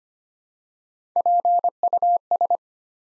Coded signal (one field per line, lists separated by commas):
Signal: Morse code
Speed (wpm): 25 wpm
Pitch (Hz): 700 Hz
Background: none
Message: PUS